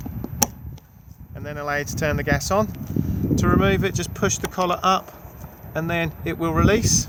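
A barbecue gas hose connector is pushed into the external BBQ gas point of a 2021 Benimar Tessoro T413 caravan and locks into place with a loud, sharp click at 0.4 s. Fainter taps come before and after it, and then someone talks.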